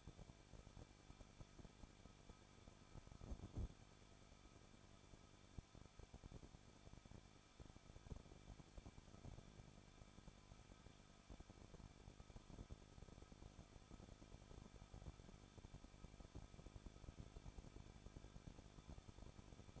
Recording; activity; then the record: daily activity, microphone in the room; no activity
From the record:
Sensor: 5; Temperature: 20.7 degrees Celsius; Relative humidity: 38.6%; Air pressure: 1006.5 hPa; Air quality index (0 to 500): 191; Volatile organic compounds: 20 ppm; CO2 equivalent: 2701 ppm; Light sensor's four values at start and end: 2/3/1/1 and 2/3/1/1